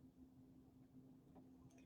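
The two small tabs on the end of a needle plate are lined up and slid back into the sewing machine bed before the plate is pushed down. The stretch is quiet, with a steady low hum and only faint soft handling sounds. The plate has not seated or clicked yet.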